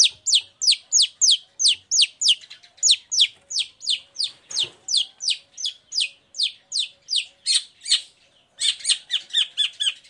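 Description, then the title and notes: Long-tailed shrike song: a fast series of sharp downslurred notes, about three per second, with a brief pause followed by a quicker chattering run. Morning singing with full variation of 'toet toet' notes, used as a lure to provoke other long-tailed shrikes to answer and join in. "Cendet Gacor Dor Di Kala Pagi Toet Toet Variasi Suara. Pancingan Emosi Cendet Gacor Full Variasi Toet Toet Bikin Nyaut Cendet Lain Langsung Ikutan Bunyi. Burung cendet"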